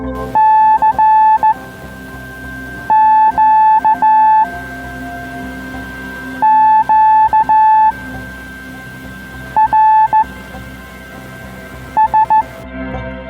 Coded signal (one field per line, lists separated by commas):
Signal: Morse code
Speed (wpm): 15 wpm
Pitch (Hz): 870 Hz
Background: music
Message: C Q Q R S